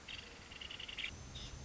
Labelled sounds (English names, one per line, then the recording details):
Nuttall's Woodpecker
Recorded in Sonoma County, California